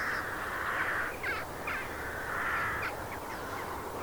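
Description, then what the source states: Crow giving long, hoarse, drawn-out caws with short clipped notes between them, against constant background hiss. In a field.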